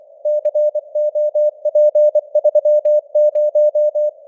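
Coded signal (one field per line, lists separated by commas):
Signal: Morse code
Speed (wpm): 24 wpm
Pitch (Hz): 600 Hz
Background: none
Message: COP30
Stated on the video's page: News headlines sent in Morse at 24 wpm with simulated radio noise and varying signal strength (QSB).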